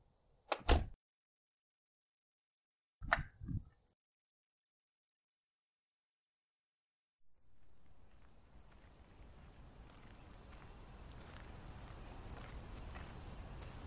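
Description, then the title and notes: Cicada song preceded by a few sharp knocks and a long silence, then a high buzzing drone begins and grows steadily louder to the end. Recorded 16 September 2022; the singer is uncertainly identified as either a large brown cicada or a bear cicada. "アブラゼミ？クマゼミ？ ＃あさりー"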